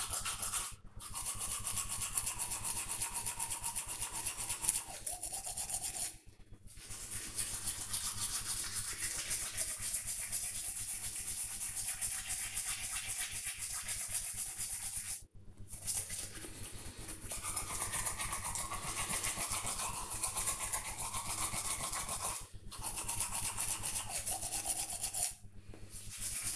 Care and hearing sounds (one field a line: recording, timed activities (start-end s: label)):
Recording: household activities, microphone on the right wrist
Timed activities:
0.00-26.56 s: brushing teeth